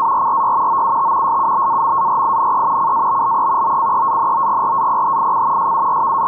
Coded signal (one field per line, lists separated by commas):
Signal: NAVTEX (SITOR-B)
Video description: NAVTEX Area 3 ID N from Piombino. Reports regarding Tyrrhenian Sea and Ligurian Sea. Decoded with fldigi.